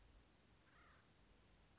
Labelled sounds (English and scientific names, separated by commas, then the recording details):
Acorn Woodpecker (Melanerpes formicivorus)
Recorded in Sonoma County, California